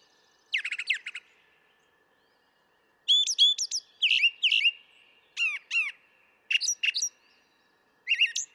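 Brown thrasher song: separate bursts of sharp repeated notes and slurred phrases, often doubled, with silent gaps between them.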